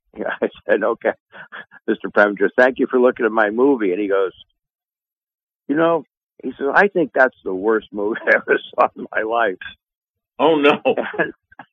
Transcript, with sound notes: I said, "Okay, Mr.
Preminger, thank you for looking at my movie." And he goes, "You know," he says, "I think that's the worst movie (laughs) I ever saw in my life."
Oh, no.